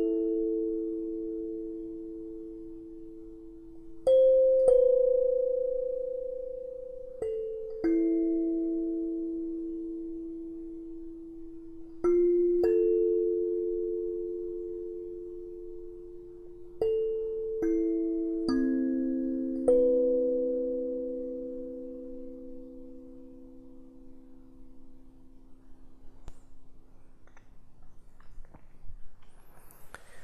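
Crystal singing bowls are struck one after another, each strike a sharp onset followed by a long, pure, sustained tone that slowly fades. New strikes arrive every few seconds, around 4, 7, 12, 17, 18 and 20 seconds, layering mid-pitched tones that overlap and ring out together.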